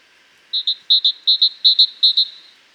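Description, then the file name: Great tit singing five quick two-note phrases, bright and high-pitched, repeated at a steady pace against a quiet background. "Parus major"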